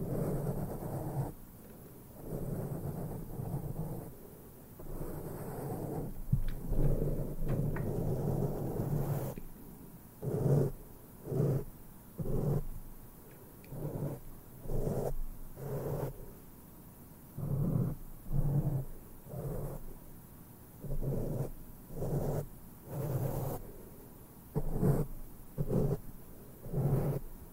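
Intense mic brushing with no talking: low, muffled sweeping strokes, continuous at first, then repeating rhythmically about once a second with brief pauses.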